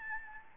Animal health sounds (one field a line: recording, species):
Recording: mosquito wingbeat signal from an infrared sensor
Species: Aedes albopictus